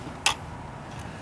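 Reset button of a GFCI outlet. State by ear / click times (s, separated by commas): seated / 0.3 s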